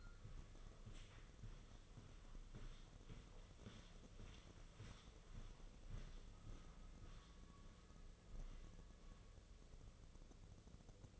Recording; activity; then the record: daily activity, microphone in the room; walk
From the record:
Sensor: 4